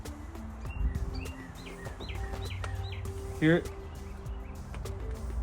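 A C-shaped glass retainer strip on a storm door glass panel is handled against the door frame channel while someone talks and birds chirp in the background, with a few faint, brief knocks from the handling. Nothing has seated or clicked into place yet.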